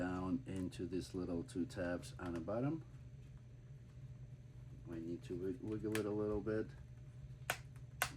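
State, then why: Seated. Someone talks while a wooden panel of a UGears Millennium Falcon model is pushed down and wiggled to line it up with two little tabs on the bottom of the model. After a quiet stretch, two sharp clicks at 7.5 and 8.0 seconds mark the panel snapping into place, seated in the tabs.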